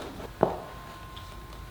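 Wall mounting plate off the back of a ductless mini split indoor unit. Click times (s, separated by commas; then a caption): 0.4 s. The metal wall mounting plate is pulled off the back of a Mr Cool DIY E-Star series ductless mini split indoor unit, and it comes off easily. It lets go with a single sharp click at 0.4 seconds that fades within about a fifth of a second. Afterward there is only a quiet background with a faint steady tone, and the plate is released.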